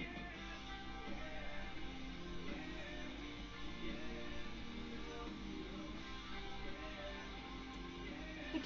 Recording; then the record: background sound without coughing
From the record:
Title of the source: BackgroundMusic